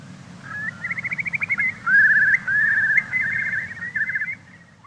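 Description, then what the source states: Eurasian curlew bubbling song: rapid pulsed whistles and rolling trills, fading at the end. Song described as sounding full of pathos and yearning.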